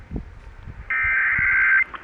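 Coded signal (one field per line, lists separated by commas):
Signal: Emergency Alert System (SAME) tones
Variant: header bursts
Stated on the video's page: Flash flood warning caught off out-of-state broadcast radio.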